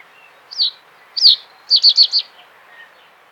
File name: ovsjanka kamyshovaja